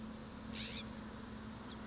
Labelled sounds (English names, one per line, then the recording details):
California Scrub-Jay
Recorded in Sonoma County, California